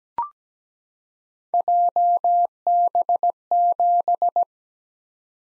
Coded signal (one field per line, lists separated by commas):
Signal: Morse code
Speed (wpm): 17 wpm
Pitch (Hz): 700 Hz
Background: none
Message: JB7